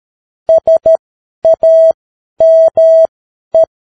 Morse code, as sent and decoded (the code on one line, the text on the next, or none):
... .- -- .
SAME